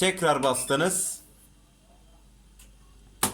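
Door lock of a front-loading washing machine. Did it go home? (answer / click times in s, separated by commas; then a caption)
released / 3.2 s. Someone talks for about the first second. Then, after the button is pressed again, the door lock of a 2022 Bosch front-loading washing machine releases with a sharp click at 3.2 s, and the door can be opened.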